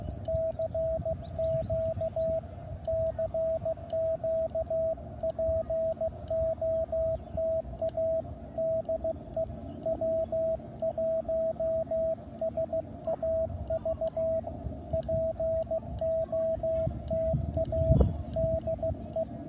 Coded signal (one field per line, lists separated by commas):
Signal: Morse code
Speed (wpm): 16 wpm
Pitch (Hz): 650 Hz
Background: radio noise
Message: CQ CQ POTA DE W1SAV POTA DE